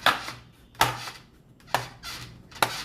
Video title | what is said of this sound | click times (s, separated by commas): ASUS V3607 Laptop Memory Upgrade | You kind of hear it snapping. | 0.1 s, 0.8 s, 1.7 s, 2.6 s